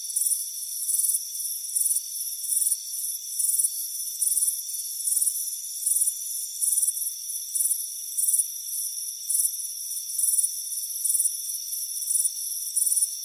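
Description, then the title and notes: Cricket chirping, sharp high-pitched pulsed bursts in an even beat, accompanied by a steady ringing hum and nothing else. Warm afternoon on a front porch; crickets chirping. "Soothing Crickets Chirping Sound. It's a warm afternoon as you relax in a hammock on the front porch. Relax and fall asleep to the soothing sound of chirping crickets. Deep Sleep Sounds"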